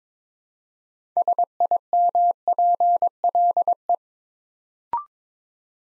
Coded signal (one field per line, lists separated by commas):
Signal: Morse code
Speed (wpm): 22 wpm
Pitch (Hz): 700 Hz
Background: none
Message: SIMPLE